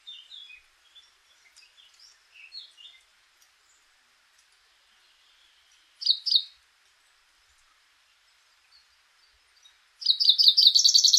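Common chaffinch singing: quiet high chattering notes, a pair of sharp notes midway, then a loud rapid series of repeated notes that is cut off at the end.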